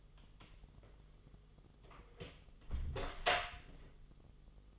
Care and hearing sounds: daily activity, microphone in the room; close door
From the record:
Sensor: 4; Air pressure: 1005.8 hPa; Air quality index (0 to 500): 72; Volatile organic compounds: 1 ppm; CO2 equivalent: 882 ppm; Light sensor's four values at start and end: 13/29/11/11 and 13/31/12/11

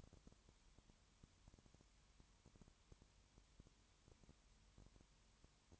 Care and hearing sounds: daily activity, microphone in the room; no activity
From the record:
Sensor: 3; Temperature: 21.1 degrees Celsius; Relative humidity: 37.0%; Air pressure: 1010.6 hPa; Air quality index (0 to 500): 204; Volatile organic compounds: 31 ppm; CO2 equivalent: 2984 ppm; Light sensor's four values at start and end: 2/3/2/2 and 2/3/2/2

